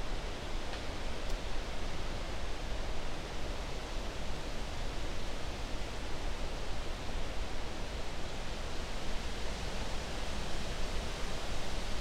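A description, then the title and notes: Wind blows steadily through a night at Sleeping Bear Dunes, a dense, even rush that holds from start to finish without gusting up or dying down. The roar fills low rumble through bright hiss, with a faint rustling texture and a couple of tiny ticks early on. Windy Night at Sleeping Bear Dunes National Lakeshore. On this recording occasion, I camped at the Platte River Campground. I found a large White Pine that was struck by lightning a few years back and placed my microphones underneath a section of the tree that had split to give the microphones protection.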